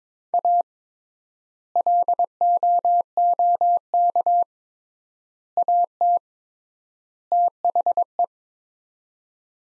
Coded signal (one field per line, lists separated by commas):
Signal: Morse code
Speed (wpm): 21 wpm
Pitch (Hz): 700 Hz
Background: none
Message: A LOOK AT THE